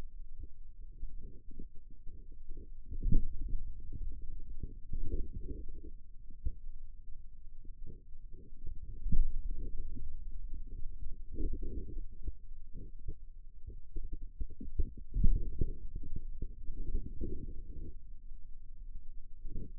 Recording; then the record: forearm muscle sounds (acoustic myography)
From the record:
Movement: finger pinch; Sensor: system 2, bracelet of six BSWA MPA416 microphones around the upper forearm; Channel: 6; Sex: male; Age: 22 years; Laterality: right